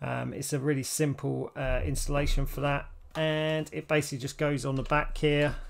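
An HPE Networking Instant ON AP22 wireless access point is handled against its mounting bracket on the back while someone talks throughout. The access point is being slid onto the bracket, but nothing has seated or clicked into place yet.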